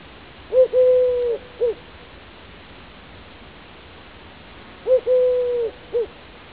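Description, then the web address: Eurasian collared dove cooing: two three-note phrases, each a short note, a long level coo and a short closing note, spaced about four seconds apart over faint background hiss. "streptopelia decaocto call"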